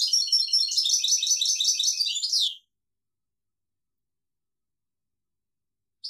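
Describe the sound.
European goldfinch singing a rapid, jingling twitter of high notes for over two seconds, ending in a falling slur, then silence before another note begins.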